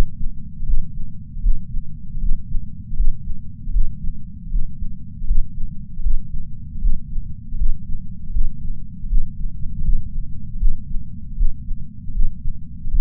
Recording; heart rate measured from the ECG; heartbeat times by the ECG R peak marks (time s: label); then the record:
heart sounds by patch sensor on the chest; 78 bpm
0.62 s: heartbeat
1.38 s: heartbeat
2.16 s: heartbeat
2.92 s: heartbeat
3.68 s: heartbeat
4.46 s: heartbeat
5.23 s: heartbeat
5.99 s: heartbeat
6.77 s: heartbeat
7.54 s: heartbeat
8.29 s: heartbeat
9.05 s: heartbeat
9.80 s: heartbeat
10.58 s: heartbeat
11.35 s: heartbeat
12.09 s: heartbeat
12.86 s: heartbeat
From the record:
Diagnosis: coronary artery disease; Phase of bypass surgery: intraoperative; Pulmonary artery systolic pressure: 21 mmHg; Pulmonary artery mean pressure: 15 mmHg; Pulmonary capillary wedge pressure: 10 mmHg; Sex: male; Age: 65 years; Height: 170 cm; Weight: 65 kg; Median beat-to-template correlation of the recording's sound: 0.94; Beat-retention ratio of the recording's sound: 0.99